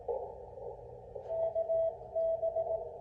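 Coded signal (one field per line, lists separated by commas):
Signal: Morse code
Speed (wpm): 18 wpm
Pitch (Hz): 660 Hz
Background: radio noise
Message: KB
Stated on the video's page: Parks on the Air hunting in CW on 20 meters with an Icom 7300 and a Begali key.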